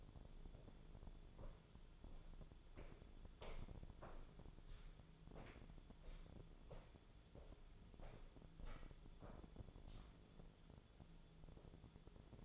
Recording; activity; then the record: daily activity, microphone in the room; walk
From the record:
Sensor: 5